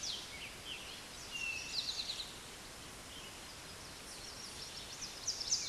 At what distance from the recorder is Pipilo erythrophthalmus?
about 5 m